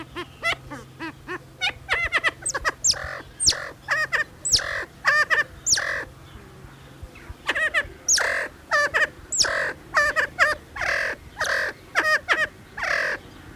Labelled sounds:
Siamese Fireback call
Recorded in captivity
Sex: male
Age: adult
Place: Zoo Berlin, Berlin, DE
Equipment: Halbspur, 9,5 cm/s
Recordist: Lütgens, Hans
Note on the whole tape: Rufe

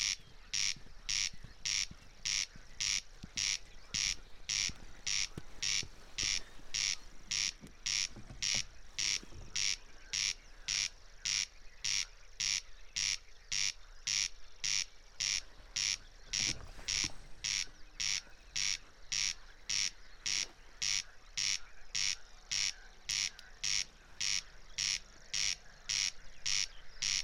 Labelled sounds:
Corn Crake song
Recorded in the wild
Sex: male
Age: adult
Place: Schwedt/Oder, Nationalpark Unteres Odertal, Brandenburg, DE
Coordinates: 50.0397, 14.2977
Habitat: meadow
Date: 2020-06-04 02:30
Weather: 8°C, 90% humidity, almost windless
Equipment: TASCAM DR680, Microtech Gefell MK 250/MV220
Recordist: Frommolt, Karl-Heinz

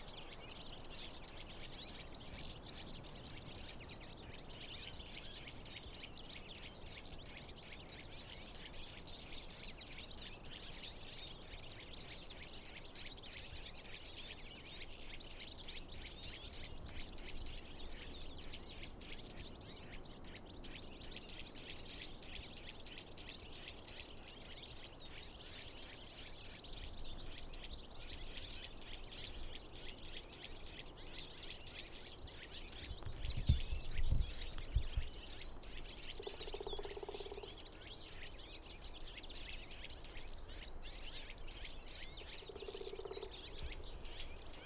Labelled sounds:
European Goldfinch call
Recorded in the wild
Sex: group
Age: adult
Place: Bernau bei Berlin, Bernauer Forst, Brandenburg, DE
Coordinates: 52.6975, 13.5211
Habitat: wood
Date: 2007-01-05 12:38
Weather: unsettled, ca. 5°C, moderate to strong winds
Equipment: Sound Devices 702, Sennheiser MKH 70, Windkorb
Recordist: Frommolt, Karl-Heinz

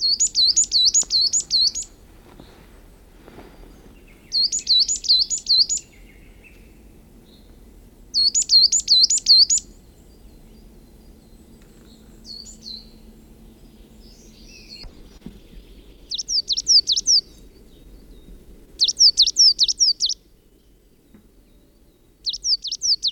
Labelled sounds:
Coal Tit
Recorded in the wild
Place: Ralow, Insel Rügen, Mecklenburg-Vorpommern, DE
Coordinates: 54.403, 13.328
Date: 1974-04-13
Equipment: Nagra III BH, Sennheiser MD 21, parabola
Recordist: Schubert, Michael
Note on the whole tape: Tannenmeise: sehr hohe Rufe und Gesang, 5 Aufn

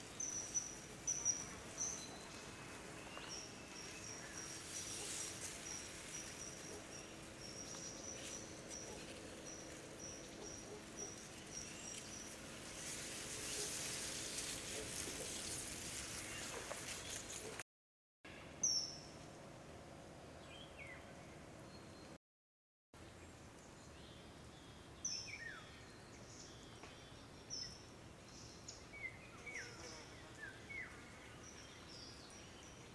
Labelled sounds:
Common Kingfisher flight call
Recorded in the wild
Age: adult
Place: Niederspree, Niederspreer Teichgebiet, Sachsen, DE
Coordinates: 51.4067, 14.8819
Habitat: pond
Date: 2008-08-01
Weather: heiter, 20°C, windstill
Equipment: Fostex FR2-LE, 2 Sennheiser ME64, Rycote-Windschutz
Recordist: Frommolt, Karl-Heinz
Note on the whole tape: Am Waldteich: Flugrufe von Eisvögeln. Mehrere geschnittene Sequenzen

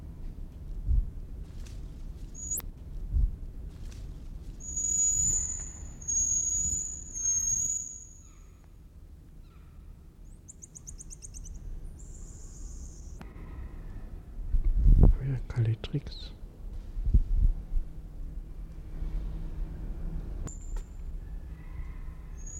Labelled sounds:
Common Marmoset call
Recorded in captivity
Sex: diverse
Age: diverse
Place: Zoo Berlin, Berlin, DE
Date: 1994-07-16 13:22
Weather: sonnig, 22-26°C
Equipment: Marantz CP 430, Sennheiser ME 80, Kopie Uher Variocord 263
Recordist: Tembrock, Günter
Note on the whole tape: Diverse Lautformen (Langlaute, Sequenzen) verschiedener Tiere im Antilopenhaus

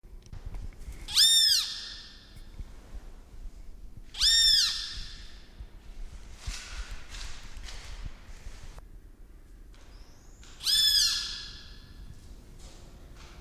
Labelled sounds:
Pale-legged Hornero call
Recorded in captivity
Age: adult
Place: Zoo Berlin, Berlin, DE
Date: 1997-08-28
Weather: sunny, 22-28°C
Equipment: Sony MD-WM MZ-R3, Sennheiser ME 80, K 30 AV, Kopie Uher 4000 Report Monitor
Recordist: Tembrock, Günter

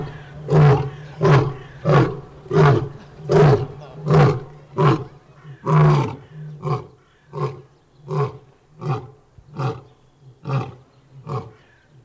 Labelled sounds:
Lion call
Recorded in captivity
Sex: male
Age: adult
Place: Zoo Berlin, Berlin, DE
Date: 1997-03-04 13:10
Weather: heiter, 10 bis 15°C
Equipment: Nagra SN, Kopie Uher 4000 Report Monitor
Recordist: Tembrock, Günter

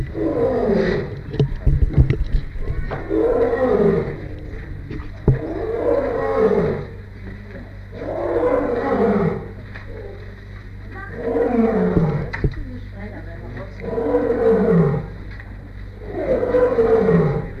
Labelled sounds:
Lion call
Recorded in captivity
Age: adult
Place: Tierpark Berlin, Berlin, DE
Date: 1959-05-28 10:00
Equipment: Smaragd
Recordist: TSA

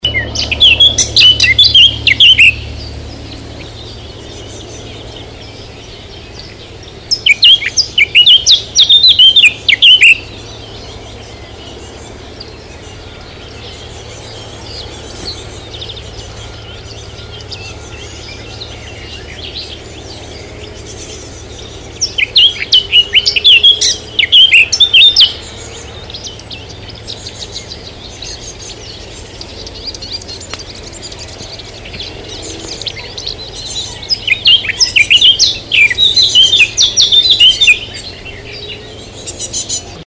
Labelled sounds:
Eurasian Blackcap song
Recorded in the wild
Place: Fröndenberg/ Ruhr, Nordrhein-Westfalen, DE
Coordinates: 51.47, 7.77
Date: 1985-06-17
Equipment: Sony WM-D6C, Big Ear
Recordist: Skiba, Reinald

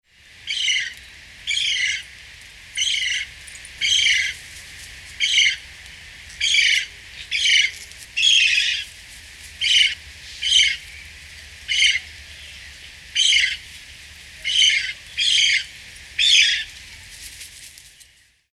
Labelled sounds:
Straw-necked Ibis
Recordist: Tembrock, Günter
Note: Laute bei Fütterung

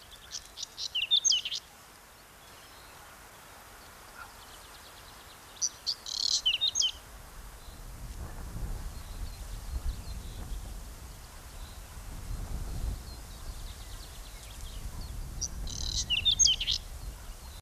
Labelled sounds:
Whinchat song
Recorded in the wild
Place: Genfersee, Rhône-Alpes, FR
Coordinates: 46.3089, 6.25333
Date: 1986-05-01
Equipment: Uher 4000 Report, Sennheiser MKH 815 T
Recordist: Tretzel, Erwin

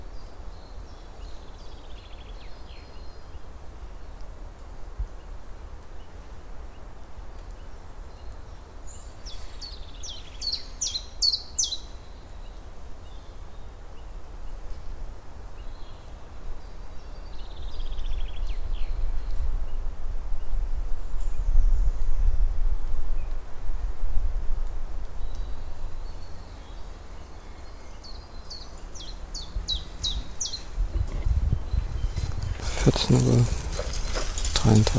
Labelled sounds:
Common Chiffchaff song
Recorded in the wild
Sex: male
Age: adult
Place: Waldsieversdorf, Rotes Luch, Brandenburg, DE
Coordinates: 52.5342, 14.0747
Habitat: wood
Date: 1992-04-25 14:33
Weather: fair, 23°C in the shade
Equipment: Aiwa HD-S1, Sennheiser ME 80
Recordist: Frommolt, Karl-Heinz

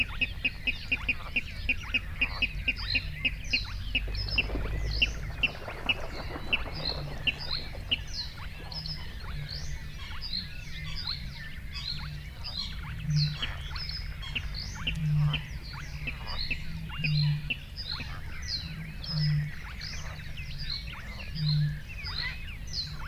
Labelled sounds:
Spotted Crake
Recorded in the wild
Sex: male
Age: adult
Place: Kützerhof, Kummerower See, Mecklenburg-Vorpommern, DE
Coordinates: 53.8547, 12.8619
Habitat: wetland
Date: 2008-05-15
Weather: ca. 10°C, fast windstill, zunehmender Mond
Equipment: Sound Devices 702, Sennheiser MKH 70, Windkorb
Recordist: Frommolt, Karl-Heinz

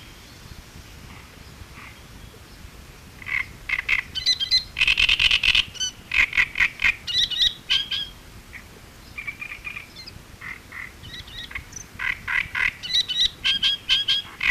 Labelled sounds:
Great Reed Warbler song
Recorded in the wild
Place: Illmitz, AT
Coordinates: 47.7544, 16.7631
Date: 1964-05-19 06:15
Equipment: Uher Report 4000, AKG D190
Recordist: Krey, Winfried

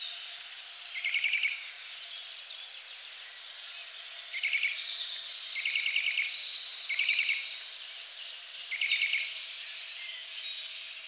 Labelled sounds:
Eurasian Nuthatch song
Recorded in the wild
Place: Waltershofen / Freiburg im Breisgau, Baden-Württemberg, DE
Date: 2008-04-13
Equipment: MiniDisc Sharp MT 20 H
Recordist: Schwarz, Dieter
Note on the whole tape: Song

